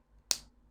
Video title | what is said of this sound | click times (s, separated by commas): Jinhao No. 15 Black Lacquered Fountain Pen Review - Another winner from Jinhao | clicks into place but it rotates which is a bit weird | 0.3 s